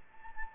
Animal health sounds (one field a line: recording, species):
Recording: mosquito wingbeat signal from an infrared sensor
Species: Anopheles gambiae